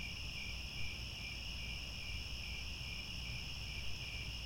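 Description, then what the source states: Cricket chorus, an unbroken high shimmering trill with a faintly pulsed lower layer, steady throughout, with a soft low rumble underneath. Chorus of crickets at twilight, as the sun sets and stars come out.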